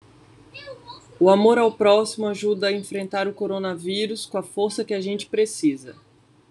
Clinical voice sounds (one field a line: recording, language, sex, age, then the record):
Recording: spoken sentence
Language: Brazilian Portuguese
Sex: female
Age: 30 to 39 years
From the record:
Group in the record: control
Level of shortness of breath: 1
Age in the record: 36 years